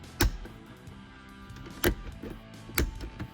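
A plastic interior light cover is pressed back into its ceiling housing inside a 2008 Nissan Xterra SUV, inside edge first so its two tabs line up. After an initial sharp tap at 0.2 s, the tabs click in at 1.8 s and 2.8 s, followed by a few faint ticks. The cover ends up seated.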